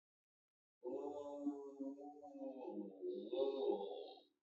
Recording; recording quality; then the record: sustained vowel as in boot; excellent, no background noise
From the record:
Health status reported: healthy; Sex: male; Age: 25 years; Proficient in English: no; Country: India